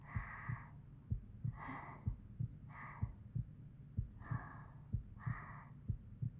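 A heartbeat heard close up, steady at about 62 beats per minute.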